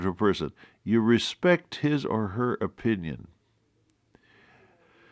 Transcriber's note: none